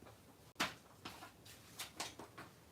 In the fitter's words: they did not it it it just doesn't click.